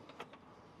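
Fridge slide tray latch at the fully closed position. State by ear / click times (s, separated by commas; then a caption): not seated / none. A 12-volt fridge's slide tray in a camping and overland build is handled as it is pushed back toward its fully closed latch position, giving three brief mechanical knocks at about 0.1, 0.2 and 0.3 seconds over low background noise. The tray has not yet locked fully home, and nothing has seated or clicked yet.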